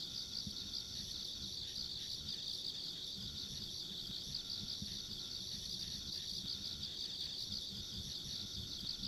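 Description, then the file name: Insect chorus of steady, shimmering high trills that never pause, with a thin higher whine and faint low rumbling knocks beneath. Ambient insect sounds along a country road. "田舎道の虫の環境音"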